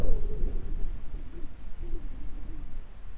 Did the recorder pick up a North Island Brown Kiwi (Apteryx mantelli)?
no